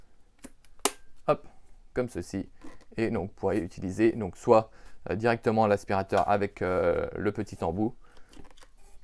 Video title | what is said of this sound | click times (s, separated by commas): Aspirateur balai sans fil lubluelu 202, notre avis | donc voilà ce niveau là et donc du coup les accessoires donc je vais prendre le petit il vient de se clipser juste ici | 0.9 s